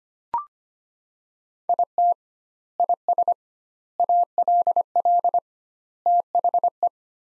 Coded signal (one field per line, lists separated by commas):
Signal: Morse code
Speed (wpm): 25 wpm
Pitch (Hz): 700 Hz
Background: none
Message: IT IS ALL THE